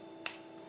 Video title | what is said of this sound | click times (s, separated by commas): The MIND-BLOWING DJI MINI2 Full Kit Revealed! | clicked into place | 0.3 s